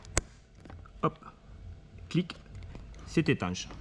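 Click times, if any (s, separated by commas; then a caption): 0.2 s. After the dust cap is removed, a motor plug is pushed into a lithium battery's socket and seats with a sharp click at 0.2 s. Someone talks afterward.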